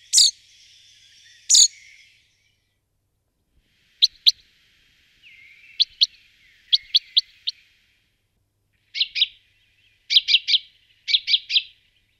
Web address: Ptichki. Zuablik